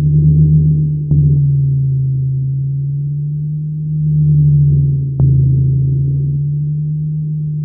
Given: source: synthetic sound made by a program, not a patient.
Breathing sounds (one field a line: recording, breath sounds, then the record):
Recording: synthetic breath sounds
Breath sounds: rhonchi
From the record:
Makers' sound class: wheeze